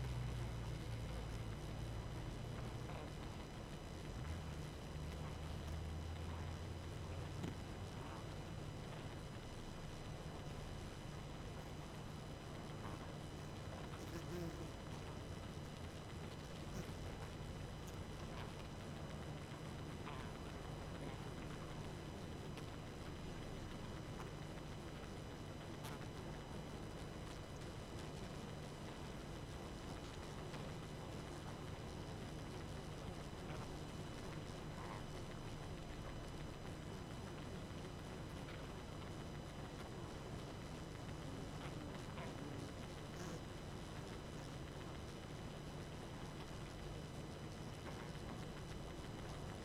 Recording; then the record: honeybee colony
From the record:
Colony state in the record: active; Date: 12 June 2018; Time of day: 22:24